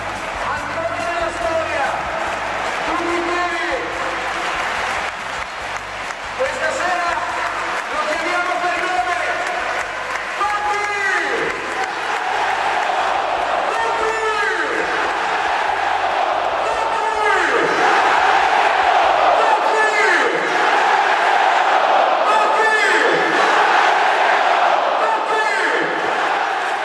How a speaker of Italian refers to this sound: Francesco, nome abbastanza popolare in questi giorni a Roma, non il solito Francesco e il pubblico che urla Totti, ma al contrario, mi è sembrata carina.